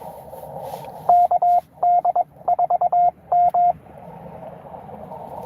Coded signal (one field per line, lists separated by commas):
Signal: Morse code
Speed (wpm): 22 wpm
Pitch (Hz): 710 Hz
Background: radio noise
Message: KD4M